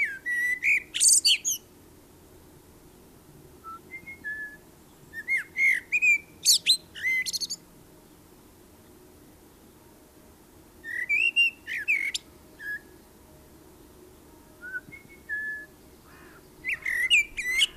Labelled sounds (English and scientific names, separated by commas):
Common Blackbird (Turdus merula) song